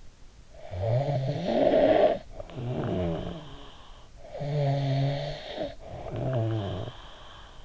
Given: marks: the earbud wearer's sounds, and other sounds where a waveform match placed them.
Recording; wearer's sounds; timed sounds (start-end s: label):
sounds in sleep by an in-ear microphone; snoring breath
0.19-3.82 s: snoring breath
4.11-7.65 s: snoring breath